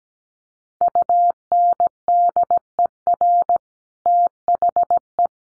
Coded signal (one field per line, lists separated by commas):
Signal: Morse code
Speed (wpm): 17 wpm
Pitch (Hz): 700 Hz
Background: none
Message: UNDER THE